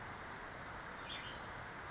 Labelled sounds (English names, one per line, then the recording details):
Brown Creeper
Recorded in Sonoma County, California